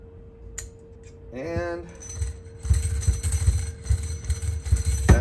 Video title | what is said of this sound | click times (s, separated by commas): Just Finished Chrome Forks On My 2009 Ultra Classic! | get these in there real quick push them down with the screwdriver to you hear the click | 0.6 s